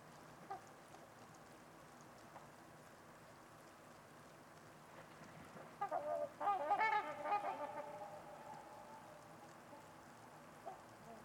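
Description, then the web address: Trumpeter swan honking calls, a short cluster of nasal, harmonic-rich honks bunched together midway, with quiet stillness before and after. Trumpeter swans at Winters Lake in a deep valley on a winter evening amid deep silence with distant white noise. "Trumpeter Swans on a Winter's Eve. Nick-Mc Mahan Winters-Lake-with-Swan. Wind Is the Original Radio"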